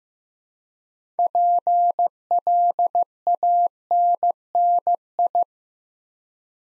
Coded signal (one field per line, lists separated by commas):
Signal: Morse code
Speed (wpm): 15 wpm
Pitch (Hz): 700 Hz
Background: none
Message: PLANNI